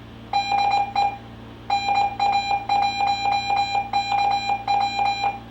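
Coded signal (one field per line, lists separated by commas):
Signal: Morse code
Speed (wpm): 20 wpm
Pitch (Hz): 3200 Hz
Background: none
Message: DE NA1KW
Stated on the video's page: Morse from the high-altitude balloon's onboard beacon, received directly on the ground during a live launch stream.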